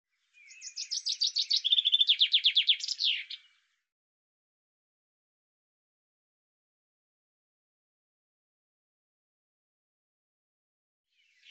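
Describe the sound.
Bird calling in a rapid trill of about three seconds, high buzzy notes pulsing quickly, then a long silence with a short note at the very end.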